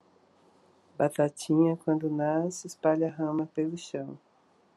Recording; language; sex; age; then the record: short text; Brazilian Portuguese; female; 60 to 69 years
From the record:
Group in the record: control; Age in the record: 66 years